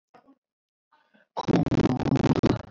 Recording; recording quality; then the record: sustained vowel as in boot; poor, much background noise or distortion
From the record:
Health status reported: COVID-19 positive, mild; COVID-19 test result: positive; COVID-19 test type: RT-PCR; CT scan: not taken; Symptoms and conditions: cough, cold, fatigue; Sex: male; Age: 39 years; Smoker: no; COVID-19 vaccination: both doses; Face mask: worn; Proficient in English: yes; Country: India